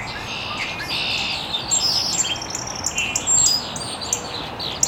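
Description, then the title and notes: Bird chorus of quick high chirps and short whistles overlapping from several birds, with constant hiss underneath. Birds chirping very early in the morning in an estuary. "Birds Chirping in the Early Morning. Original sounds of birds chirping very early in the morning in an estuary"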